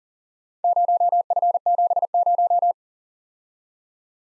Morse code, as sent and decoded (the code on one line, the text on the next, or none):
----- ..-. --... -----
0F70